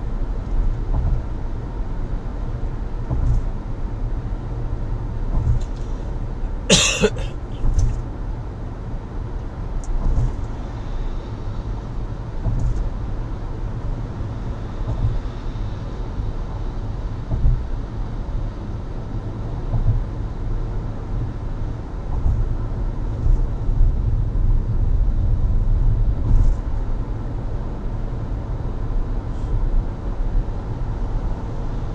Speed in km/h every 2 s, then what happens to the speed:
86, 82, 80, 77, 76, 75, 75, 75, 76, 76, 77, 78, 79, 80, 82, 84.
0-10 slows to 75. 10-32 speeds up to 84.